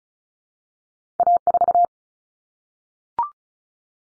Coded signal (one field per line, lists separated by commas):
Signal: Morse code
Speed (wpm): 34 wpm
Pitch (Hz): 700 Hz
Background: none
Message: A4